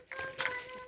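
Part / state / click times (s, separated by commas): snorkel tube part into full-face snorkel mask / not seated / none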